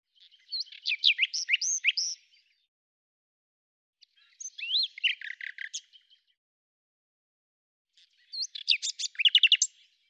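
Bird singing three varied warbled phrases, each of mixed slurred whistles and rapid chirps, spaced roughly four seconds apart.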